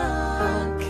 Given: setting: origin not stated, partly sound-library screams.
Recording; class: one-second piece from a danger detection set; normal situation